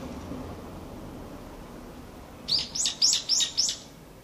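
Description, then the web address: Evening cicada song: after soft hiss, a rapid series of five pulsed, ringing notes, about four per second. "kanakana hiyo"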